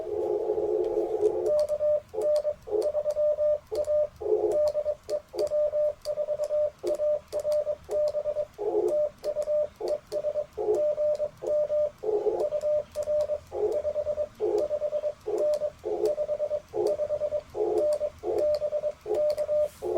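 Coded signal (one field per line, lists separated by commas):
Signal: Morse code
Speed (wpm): 21 wpm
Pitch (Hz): 600 Hz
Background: radio noise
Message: KN3A DE W4ARB TU ES GM UR 55N 55N BK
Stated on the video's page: QRP CW Parks on the Air activation sent with paddles on an Icom IC-705 into a Chelegance MC-750 antenna.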